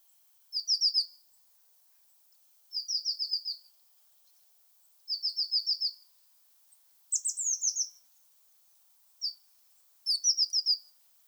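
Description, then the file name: Eurasian blue tit song repeated roughly every two seconds, each phrase a tight, sparkling high trill, in an otherwise quiet setting. "Cyanistes caeruleus"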